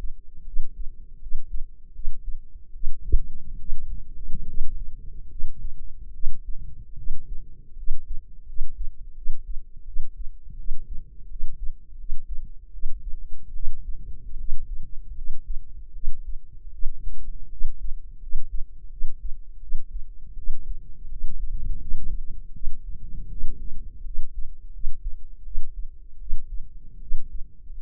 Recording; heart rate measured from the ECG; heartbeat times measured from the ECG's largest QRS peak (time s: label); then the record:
heart sounds by microphone in the left ear; 79 bpm
0.42 s: heartbeat
1.17 s: heartbeat
1.90 s: heartbeat
2.70 s: heartbeat
3.55 s: heartbeat
4.43 s: heartbeat
5.26 s: heartbeat
6.10 s: heartbeat
6.93 s: heartbeat
7.73 s: heartbeat
8.43 s: heartbeat
9.12 s: heartbeat
9.82 s: heartbeat
10.54 s: heartbeat
11.26 s: heartbeat
11.95 s: heartbeat
12.69 s: heartbeat
13.51 s: heartbeat
14.35 s: heartbeat
15.12 s: heartbeat
15.90 s: heartbeat
16.69 s: heartbeat
17.47 s: heartbeat
18.17 s: heartbeat
18.87 s: heartbeat
19.58 s: heartbeat
20.33 s: heartbeat
21.06 s: heartbeat
21.76 s: heartbeat
22.50 s: heartbeat
23.27 s: heartbeat
24.01 s: heartbeat
24.69 s: heartbeat
25.41 s: heartbeat
26.16 s: heartbeat
26.97 s: heartbeat
27.75 s: heartbeat
From the record:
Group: healthy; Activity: cold pressor test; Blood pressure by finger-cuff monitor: 117/69 mmHg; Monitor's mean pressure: 86 mmHg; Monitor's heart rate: 80 bpm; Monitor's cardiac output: 7.2 L/min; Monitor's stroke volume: 90 mL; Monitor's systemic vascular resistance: 870 dyn s/cm5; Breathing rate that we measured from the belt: 18 breaths a minute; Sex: female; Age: 23 years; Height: 160 cm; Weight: 50.4 kg